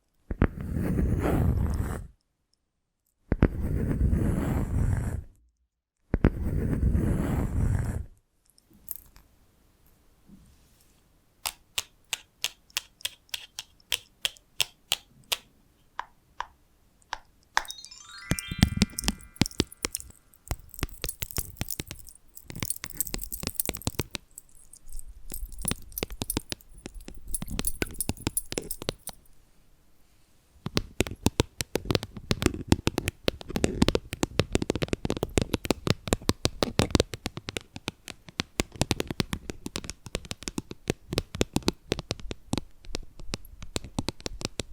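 Tapping, scratching and tracing sounds. It opens with three dense bursts of scratchy rubbing separated by silences, then moves into sparse, regular light taps that quicken into clusters with a brief rising ringing tone near 18 seconds. The later part is steadier, busier scratching and rubbing.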